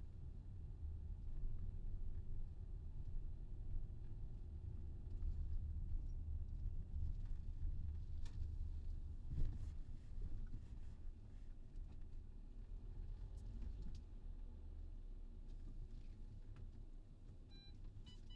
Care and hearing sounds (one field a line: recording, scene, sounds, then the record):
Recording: everyday scene through a hearing-aid microphone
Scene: in a vehicle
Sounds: engine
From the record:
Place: VW T5 Caravelle, diesel engine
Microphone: in the ear canal, left